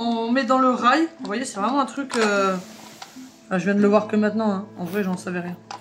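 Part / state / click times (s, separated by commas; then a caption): mounting part into its rail / not seated / none. A mounting part is being handled and slid into its rail while someone talks. Nothing has seated or clicked yet; the clip ends before the part goes home.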